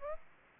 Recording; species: mosquito wingbeat signal from an infrared sensor; Aedes aegypti